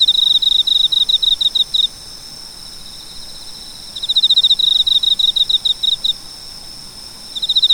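Cricket chirping in high, rapid pulsed bursts of about two seconds, separated by short pauses, over a steady high-pitched background hiss.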